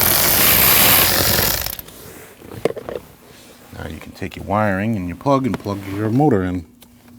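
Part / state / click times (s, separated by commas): wiring harness plug into blower motor connector / not seated / none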